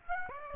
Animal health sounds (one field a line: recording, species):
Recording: mosquito wingbeat signal from an infrared sensor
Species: Aedes aegypti